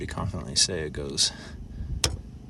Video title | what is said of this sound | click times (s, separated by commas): LEER Lock Mechanism broken, installation tutorial for LEER Locking Kit Replacement | Yeah, and it clicked right in like that. | 2.0 s